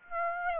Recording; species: mosquito wingbeat signal from an infrared sensor; Aedes aegypti